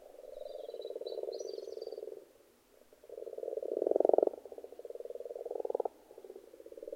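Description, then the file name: Frogs croak in pulsed, rattling trills that swell and drop. Frogs in a pond. "benboncan frogs-in-a-pond"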